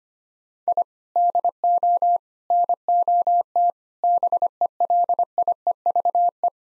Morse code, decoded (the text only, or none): I DO NOT BELIEVE